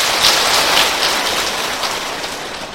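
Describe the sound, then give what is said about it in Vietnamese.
A Buddhist assembly applauds in a steady, dense patter of many hands clapping, holding an even loudness for about three seconds with no voices over it. “Mời đại chúng cho chàng pháo tay để lắng nghe.”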